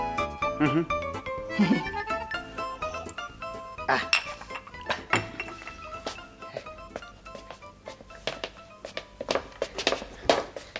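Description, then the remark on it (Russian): Glasses clink together in a toast, several bright, ringing chimes scattered over the moment with sustained high tones between them, while voices murmur quietly underneath. “Ваше здоровье.”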